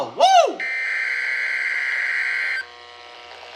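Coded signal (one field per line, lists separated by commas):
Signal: Emergency Alert System (SAME) tones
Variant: header bursts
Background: speech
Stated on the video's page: Required Weekly Test of the Emergency Alert System as broadcast to the public.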